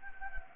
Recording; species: mosquito wingbeat signal from an infrared sensor; Anopheles gambiae